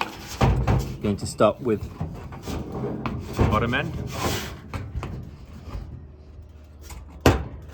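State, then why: Seated. The bottom hinge pin of a cabinet door on a Coleman Revolution 2 Burner barbecue is fitted into its socket in the metal frame while someone talks, with rubbing and handling sounds throughout. At 7.3 s a loud metallic hit marks the pin dropping into place, and the hinge is seated.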